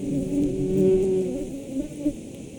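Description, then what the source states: Wasp buzzing, a low drone swelling and fading, with a brief sharper buzz near the end against soft wind. Wasps feeding on fallen pears, with wind in pear tree branches, in Václavice, Czechia; part of the Ars Poetica 2022 festival.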